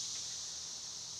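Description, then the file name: Cicada buzzing as one unbroken, shrill, level hiss that does not change in pitch or loudness. Recorded on 1 June 2011. "2011 06 01 cicada"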